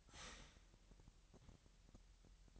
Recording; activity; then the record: daily activity, microphone in the room; start toaster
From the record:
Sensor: 3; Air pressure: 1001.9 hPa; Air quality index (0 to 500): 247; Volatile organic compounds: 51 ppm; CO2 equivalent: 3307 ppm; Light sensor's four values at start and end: 13/39/17/14 and 13/39/17/14